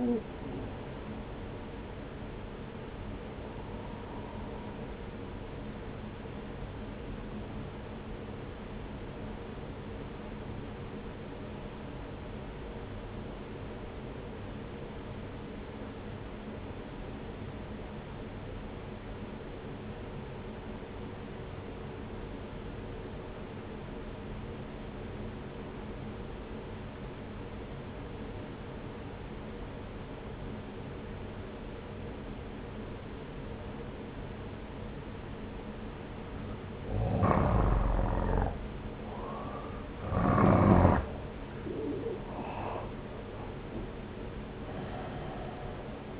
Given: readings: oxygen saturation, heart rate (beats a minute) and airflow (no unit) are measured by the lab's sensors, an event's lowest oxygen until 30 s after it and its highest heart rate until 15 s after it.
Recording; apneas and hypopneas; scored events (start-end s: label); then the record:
breathing in sleep by a voice recorder at the bedside; 1
5.00-46.20 s: new sleep stage, N1 (lightest sleep)
8.00-38.90 s: obstructive apnea (N1, oxygen 95% highest, then 88% lowest)
From the record:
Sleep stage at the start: N2 (light sleep); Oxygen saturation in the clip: 86 to 95%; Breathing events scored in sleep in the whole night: 303 in 8.1 hours asleep